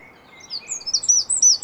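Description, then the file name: Eurasian wren: a quick run of very high, thin, sharply modulated notes that grows louder toward the end, over quiet background. "Troglodytes troglodytes"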